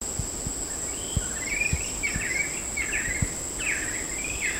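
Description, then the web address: Chestnut-collared kingfisher giving a series of short, slurred whistled notes at short intervals, over a steady high insect drone and low clicks. Recorded at Sepilok on 5 August 2009. "SEPILOK 20090805. chestnut-collared kingfisher"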